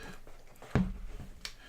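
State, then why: Seated. A replacement metal punch tip is fitted into the turret of a pair of leather rotary hole-punch pliers. A sharp hit lands at about 0.8 s, and the tip clicks into place at 1.4 s, seating securely.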